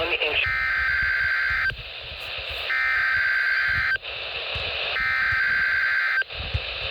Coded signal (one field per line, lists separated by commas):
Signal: Emergency Alert System (SAME) tones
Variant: header bursts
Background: speech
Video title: Weekly at P.E. | NOAA Weather Radio - Required Weekly Test (EAS#15)